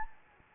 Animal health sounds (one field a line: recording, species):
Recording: mosquito wingbeat signal from an infrared sensor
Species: Anopheles gambiae